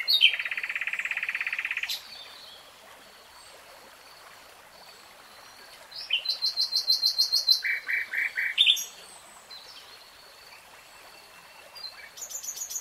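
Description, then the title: Nightingale song beginning with a dense buzzy rattle, a pause, then a fast high trill followed by lower repeated notes and a brief closing burst. Singing, heard in real time in a 3-hour recording. "[Tiếng chim hót] Nightingale Singing"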